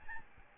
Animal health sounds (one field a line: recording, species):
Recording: mosquito wingbeat signal from an infrared sensor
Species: Aedes albopictus